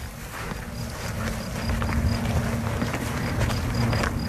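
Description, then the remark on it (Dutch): A cricket behind a small hillock chirps in short, high-pitched pulses repeating at a steady rhythm, faint against a constant low, rumbling outdoor background with no voices. “De krekel toch?”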